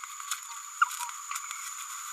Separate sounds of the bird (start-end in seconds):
0.31-0.34, 0.81-0.84